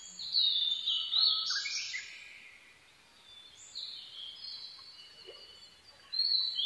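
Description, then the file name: Blue-and-white flycatcher giving a loud, sweet whistled phrase early on, then softer high notes, and a new phrase starting at the end. Recorded 22 May 2011 at 04:34. "ooruri 20110522-0434"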